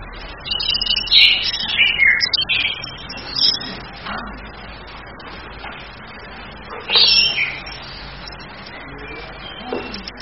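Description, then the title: Chestnut-capped thrush calling in high, chattering bursts with sliding notes, a long burst early then another near seven seconds, steady hiss behind. Female calling the male; recording used as training (masteran) audio for the bird; female's call style named nritik. "ANIS KEMBANG BETINA MEMANGGIL JANTAN, ANIS KEMBANG BETINA NRITIK"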